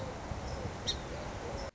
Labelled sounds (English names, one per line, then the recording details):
Song Sparrow
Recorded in Sonoma County, California